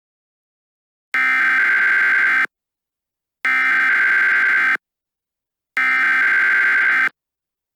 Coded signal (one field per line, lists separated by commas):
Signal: Emergency Alert System (SAME) tones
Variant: header bursts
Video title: EAS Scenario: Runaway Train